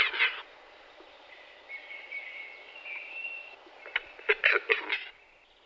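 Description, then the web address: Western capercaillie display: a hissing burst opens, a faint whistled tone follows, then a quick series of sharp clicks and scratchy notes near the end. Recorded in Adamello Brenta Nature Park. "Gallo cedrone da PNAB. der Auerhahn"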